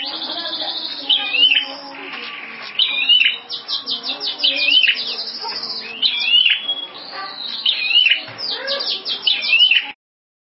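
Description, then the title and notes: Prinia singing a dense, continuous run of rapid buzzy trills mixed with looping whistled phrases, nearly unbroken for ten seconds before it stops abruptly. Complete song including the trilling phase, locally called ngerol. "Suara Kicau Burung Prenjak Lengkap dan Ngerol"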